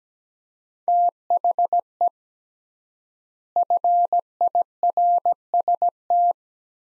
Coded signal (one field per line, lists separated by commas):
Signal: Morse code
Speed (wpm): 17 wpm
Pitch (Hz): 700 Hz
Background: none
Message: THE FIRST